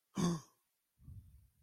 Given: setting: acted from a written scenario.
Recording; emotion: vocal sound without words; negative surprise